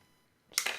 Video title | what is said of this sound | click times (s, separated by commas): FIMI X8 SE 2020 / 2022 - HOW TO REPLACE LEGS / ARMS | and then just it should snap | 0.6 s